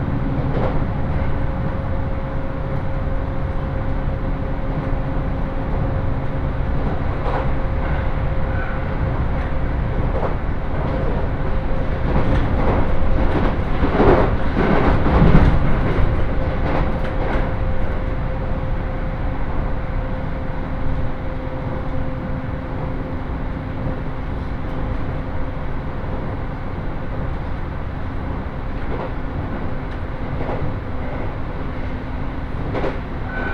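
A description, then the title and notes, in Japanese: Inside a rapid train cabin, a steady low rumble carries a faint motor whine, with clattering wheel knocks building around fifteen seconds. 仙石東北ライン快速 高城町→仙台。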